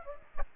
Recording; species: mosquito wingbeat signal from an infrared sensor; Aedes aegypti